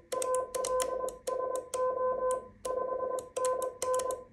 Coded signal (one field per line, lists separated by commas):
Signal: Morse code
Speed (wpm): 21 wpm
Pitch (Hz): 1020 Hz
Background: none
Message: ALSO 5NN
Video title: Typical Morse Contact Vol. 1（一般的なモールス交信 その1）